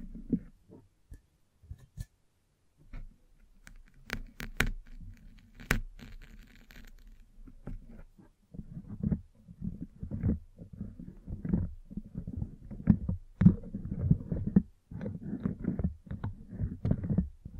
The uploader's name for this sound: Mic Brushing and Scratching